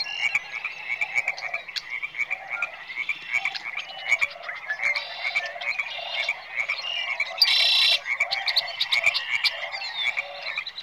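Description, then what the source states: Frogs croaking in a dense, continuous chorus. Recorded in nature.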